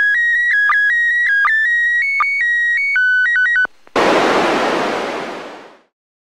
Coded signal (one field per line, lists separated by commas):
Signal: SSTV (slow-scan television)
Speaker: god this is so strong you realize